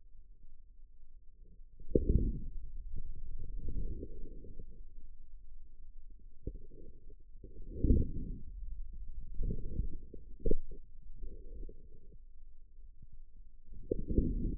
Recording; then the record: forearm muscle sounds (acoustic myography)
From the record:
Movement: outward rotation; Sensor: system 2, bracelet of six BSWA MPA416 microphones around the upper forearm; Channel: 4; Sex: male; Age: 22 years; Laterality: right